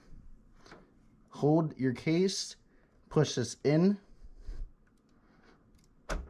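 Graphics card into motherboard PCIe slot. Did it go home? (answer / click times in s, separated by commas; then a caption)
no / none. Someone talks while holding a computer case and pushing a graphics card down into the motherboard's PCIe slot, with a few quiet handling sounds and a short sharp knock near the end. The card has not seated or clicked into the slot yet.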